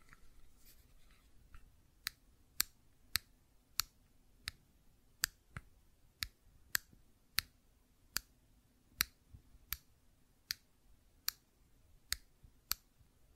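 Sharp tapping and clicking from a fidget cube, landing in a fairly regular rhythm about twice per second from around the two-second mark. Each click is crisp and bright. Softer, fainter ticks come first, and a low steady hum sits underneath throughout.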